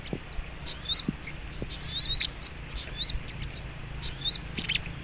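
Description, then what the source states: Little Spiderhunter giving rapid, shrill twittering phrases of falling notes, interspersed with brief sharp snaps. Masteran training recording for teaching songbirds; labelled Labaik.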